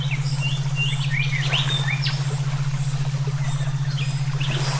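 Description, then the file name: Songbird chirps and short whistled slurs scattered throughout, some rising, some falling, accompanied by an unbroken low pulsing hum. Brainwave therapy mix for training songbirds (omkicau). "terapi brainwave omkicau"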